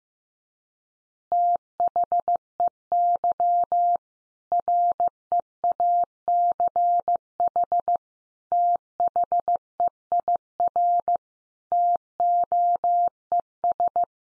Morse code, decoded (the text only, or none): THEY REACH THEIR TOES